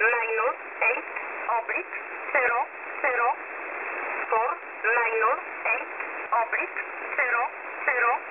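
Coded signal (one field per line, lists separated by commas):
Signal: numbers station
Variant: E11 Oblique, English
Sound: voice on radio reading digit groups repeatedly at an even pace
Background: radio static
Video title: E11 Oblique 14/07/2024 0700 UTC 7377kHz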